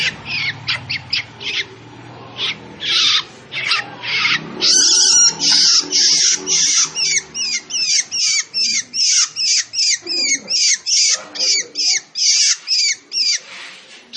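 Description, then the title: Long-tailed shrike song opening with varied squeaky and whistled notes, then a long run of rapidly repeated harsh, grating rasps. Described with the Indonesian bird-keeping term 'gacor', meaning the bird is singing loudly and actively. "Cendet Gacor"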